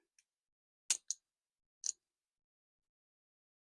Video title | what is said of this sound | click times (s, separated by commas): Fantastic Design - NT Cutter Cartridge Snap Blade Knife | You press it in until it clicks. | 0.9 s